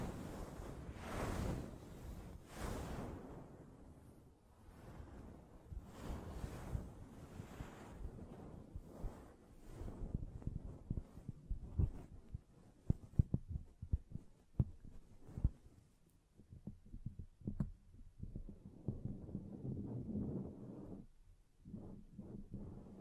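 Hand sounds against a microphone: soft brushing and rubbing swells in broad washes early on, with strong sweeps near 1–3 seconds and 6 seconds. Later, sharper taps and scratches click out irregularly, thinning toward quiet low rubbing and scattered taps at the end.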